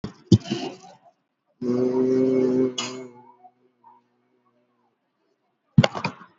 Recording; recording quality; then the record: sustained vowel as in made; moderate, slight background noise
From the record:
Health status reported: healthy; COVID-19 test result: negative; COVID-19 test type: RT-PCR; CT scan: not taken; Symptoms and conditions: cough, cold, fever, fatigue, loss of smell and taste, hypertension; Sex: male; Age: 42 years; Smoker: no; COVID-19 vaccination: one dose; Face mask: worn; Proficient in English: yes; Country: India